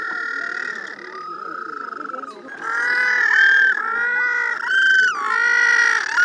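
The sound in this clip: White-flippered penguin braying: harsh harmonic tones that grow louder, with rising and falling sweeps.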